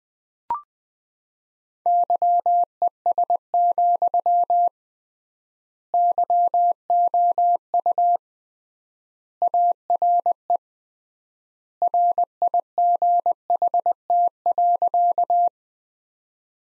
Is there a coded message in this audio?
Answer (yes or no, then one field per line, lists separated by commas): yes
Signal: Morse code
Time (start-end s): 1.9-15.5 s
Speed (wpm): 21 wpm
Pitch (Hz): 700 Hz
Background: none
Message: YES, YOU ARE RIGHT.